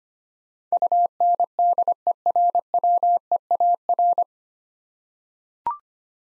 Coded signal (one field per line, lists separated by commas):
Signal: Morse code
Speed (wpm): 25 wpm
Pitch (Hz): 700 Hz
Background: none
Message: UNDERWEAR